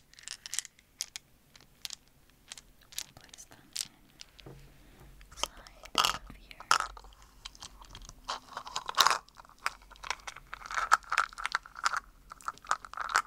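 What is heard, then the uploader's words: Dry tapping and scratching on an egg, a dense run of sharp clicks and brief scrapes with short gaps between them. Some taps ring brightly, with louder knocks around six and nine seconds. A faint low hum enters after four seconds. ASMR Easter Triggers To Help You Fall Asleep (tapping, scratching, egg sounds).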